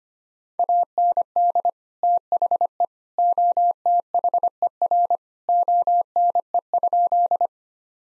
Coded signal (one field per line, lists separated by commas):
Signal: Morse code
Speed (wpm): 25 wpm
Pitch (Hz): 700 Hz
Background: none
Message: AND THE OTHER ONE?